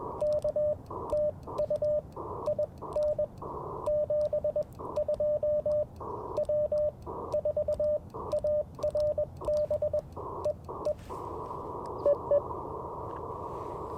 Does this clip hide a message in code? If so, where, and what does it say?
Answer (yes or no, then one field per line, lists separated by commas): yes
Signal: Morse code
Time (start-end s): 0.2-12.4 s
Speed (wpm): 17 wpm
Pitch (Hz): 590 Hz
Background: radio noise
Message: K TU IN 72 W4ARB EE EE